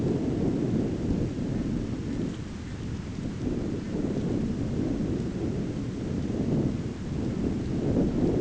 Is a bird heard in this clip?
no